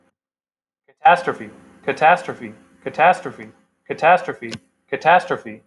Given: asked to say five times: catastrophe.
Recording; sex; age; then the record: repeated word; male; 30 to 39 years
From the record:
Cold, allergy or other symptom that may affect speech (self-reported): no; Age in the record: 34 years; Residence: California, United States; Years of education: 18